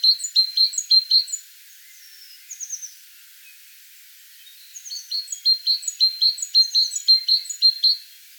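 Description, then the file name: Great tit giving repeated sharp high notes in quick runs of several, with a few softer higher notes between. "Parus major"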